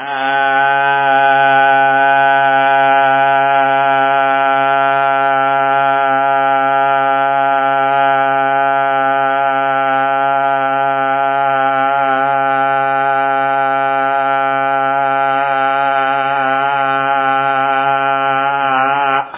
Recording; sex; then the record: sustained vowel /a/; male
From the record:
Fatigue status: no fatigue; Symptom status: asymptomatic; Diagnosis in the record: COVID-19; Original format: 3gp